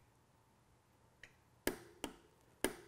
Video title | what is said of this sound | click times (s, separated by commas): Intense Tech Series: Lower Link Service for Enduro | until you hear click there | 1.7 s, 2.6 s